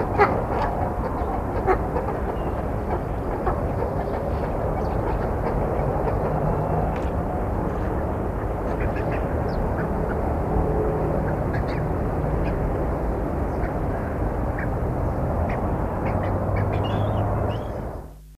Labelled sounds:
Buff-necked Ibis (Theristicus caudatus) call
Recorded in captivity
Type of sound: call
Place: Artis Zoo, NL
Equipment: Halbspur, 9,5 cm/s
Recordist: Lütgens, Hans
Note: Rufe

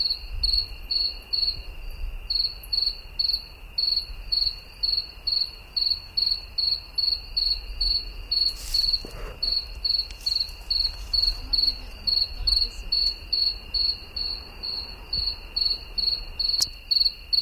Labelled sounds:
Two-spotted Cricket (Gryllus bimaculatus) stridulation
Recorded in the wild
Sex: male
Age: imago
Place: Chania, Insel Kreta, GR
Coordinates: 35.5164, 24.0189
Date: 1996-10-12 21:00
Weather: 17°C, cloudy
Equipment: Sony MD-WM MZ-R3, Sennheiser MKH 416 T, Kopie Uher 4000 Report Monitor
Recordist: Tembrock, Günter

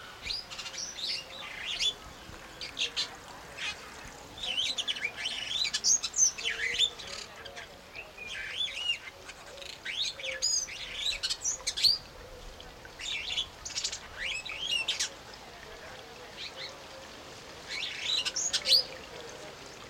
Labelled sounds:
Superb Starling (Lamprotornis superbus)
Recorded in captivity
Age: adult
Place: Zoo Berlin, Berlin, DE
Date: 1992-08-22 11:35
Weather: heiter, 17-20°C
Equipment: Marantz CP 430, Sennheiser ME 80, Kopie Tesla B 116
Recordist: Tembrock, Günter
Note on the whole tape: Gesang, Abstand ca. 3 m

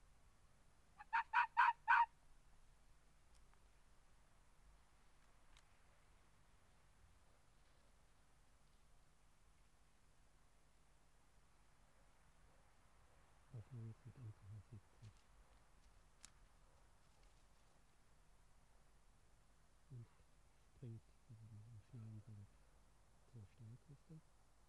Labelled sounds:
Arctic Fox (Vulpes lagopus)
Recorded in the wild
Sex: female
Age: adult
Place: Insel Mednyi, Kommandeur-Inseln, RU
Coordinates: 54.5167, 168.083
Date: 1999-06-25 19:20
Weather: bewölkt, kein Nebel, 4°C, schwacher Wind
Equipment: Sony WM-D6C, Sennheiser MKH 70, Windkorb, Kopie Tascam DA 30
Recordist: Frommolt, Karl-Heinz
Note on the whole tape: Südosten der Insel, an Hütten: vier Bellstrophen von Polarfuchsfähe links Weiß/Weiß 31. Das Tier äußert die Bellstrophen vor der Höhle unter dem Schuppen, läuft dann zur Steilküste. Entfernung ca. 30 m. Achtung Kopiereffekte

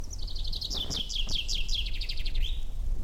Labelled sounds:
Common Chaffinch (Fringilla coelebs)
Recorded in the wild
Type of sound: call, call sequence, twittering
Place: Naturfreundehaus - Üdersee, Nationalpark Untere Oder, Brandenburg, DE
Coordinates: 52.85, 13.68
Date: 1996-03-27 17:34
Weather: sonnig, böiger Wind, 3°C
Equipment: Sony MD-WM MZ-R3, Sennheiser ME 80, Kopie Uher 4000 Report Monitor
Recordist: Tembrock, Günter
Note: Gesang (nur 1 Strophe), am Werbellinsee

